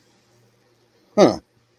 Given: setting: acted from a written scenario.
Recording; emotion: vocal sound without words; confusion